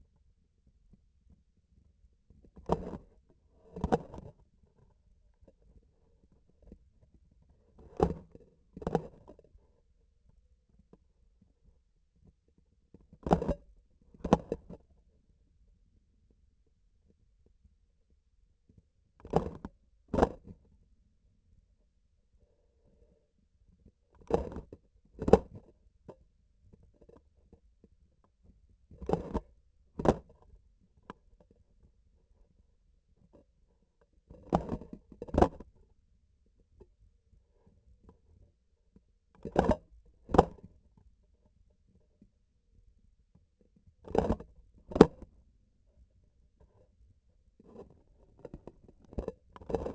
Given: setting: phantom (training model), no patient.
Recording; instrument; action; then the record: laparoscopic instrument, vibration sensor on the handle end; grasping forceps; opening and closing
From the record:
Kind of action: tool actuation without material contact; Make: other than Olympus